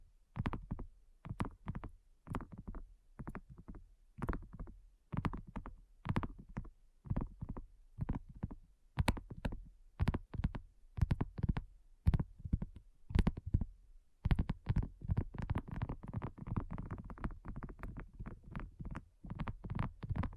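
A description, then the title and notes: Rapid ASMR tapping runs the full clip, a dense stream of short, crisp knocks with a deep, thumpy body and sharp clicky tops. The rhythm is irregular, and from about fourteen seconds the taps grow quicker and more tightly packed, almost blurring together. ASMR Addictive Tapping. (No Talking).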